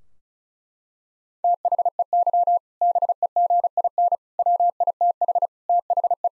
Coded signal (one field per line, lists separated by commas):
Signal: Morse code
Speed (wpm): 36 wpm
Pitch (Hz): 700 Hz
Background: none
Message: THEY BEGIN WITH THE